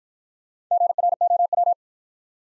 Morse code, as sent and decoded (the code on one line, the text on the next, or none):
--. .-. --- .--
GROW